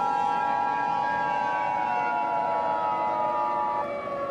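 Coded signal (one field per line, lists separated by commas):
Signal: Emergency Alert System (SAME) tones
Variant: 853 and 960 Hz attention tone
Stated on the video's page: Fictional short EAS scenario, simulated rather than a real alert.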